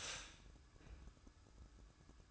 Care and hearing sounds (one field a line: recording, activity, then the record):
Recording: daily activity, microphone in the room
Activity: stop toaster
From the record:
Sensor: 2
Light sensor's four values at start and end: 6/13/5/5 and 6/13/5/5